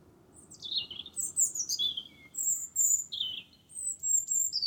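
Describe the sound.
Wren delivering a run of high, falling whistles and thin trilled notes, the phrases following one another quickly.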